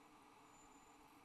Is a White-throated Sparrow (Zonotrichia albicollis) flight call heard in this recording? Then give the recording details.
no. No flight call is heard. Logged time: 04:50 on 8 December 2014